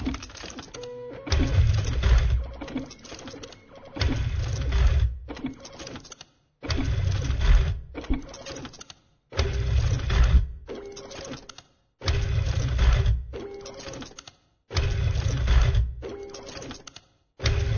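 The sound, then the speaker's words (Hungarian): Music built from dot matrix printer noises: buzzy, rasping mechanical bursts repeat in a steady rhythmic pattern, each roughly two seconds long with brief gaps, layered with low thumps and faint humming tones. “Matrix nyomtatóból a … nevű előadó készített.”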